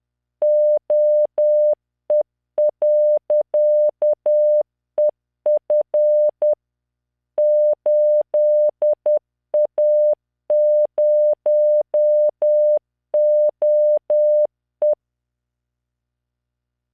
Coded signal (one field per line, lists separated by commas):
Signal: Morse code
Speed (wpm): 10 wpm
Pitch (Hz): 600 Hz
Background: none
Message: OE.EF 8A0OE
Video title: tamanのモールス練習動画95（モールス信号 速度10WPM morse code)